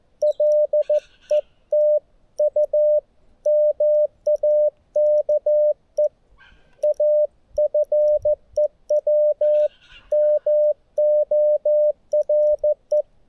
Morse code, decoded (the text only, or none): LET U MAKE A FEW MORE